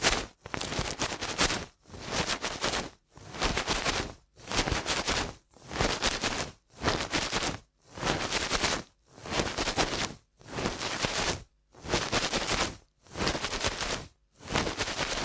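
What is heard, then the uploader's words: Rapid ear cleaning: a harsh, dense scratching and rustling that comes in regular bursts, about twelve strokes in fifteen seconds, each lasting roughly a second with brief silent gaps between. The sound is bright and gritty, swelling and fading within each stroke. ASMR Ear Cleaning at Helicopter Speed.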